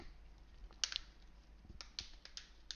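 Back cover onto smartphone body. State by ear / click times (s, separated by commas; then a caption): seated / 0.8 s, 1.0 s, 1.8 s, 2.0 s, 2.4 s, 2.7 s. The removable plastic back cover of a Kingzone Z1 smartphone is refitted onto the phone body and pressed around the edges. Its clips make a series of short snaps at 0.8, 1.0, 1.8, 2.0, 2.4 and 2.7 seconds. The cover seats firmly, clipping in well and judged to be of very good quality.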